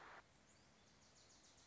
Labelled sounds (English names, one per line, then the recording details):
Wilson's Warbler
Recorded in Sonoma County, California